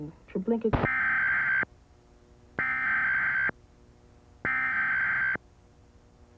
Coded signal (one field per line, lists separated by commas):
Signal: Emergency Alert System (SAME) tones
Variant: header bursts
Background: speech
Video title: VHS Sourced Failed WV Required Monthly EAS Test on Charleston WV Fanch/CableComm (6/4/1999)